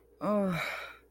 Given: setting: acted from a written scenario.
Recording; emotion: vocal sound without words; guilt